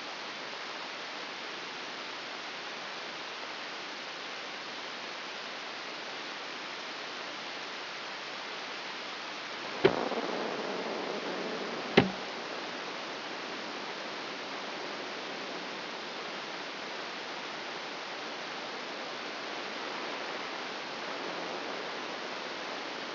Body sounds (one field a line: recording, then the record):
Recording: brain microelectrode recording played as sound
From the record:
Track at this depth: outside the subthalamic nucleus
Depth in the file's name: 6.898 mm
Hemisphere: left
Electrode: 2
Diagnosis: Parkinson's disease